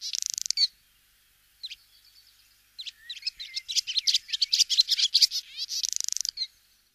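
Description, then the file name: Barn swallow twittering, opening with a buzzy rattle, then scattered notes and a rapid run of chirps and squeaky warbles that ends in another grating rattle. "Jaskolka dymowka"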